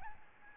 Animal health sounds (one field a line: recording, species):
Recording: mosquito wingbeat signal from an infrared sensor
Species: Aedes albopictus